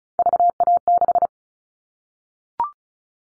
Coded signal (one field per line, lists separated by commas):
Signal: Morse code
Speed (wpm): 34 wpm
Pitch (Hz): 700 Hz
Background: none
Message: VA6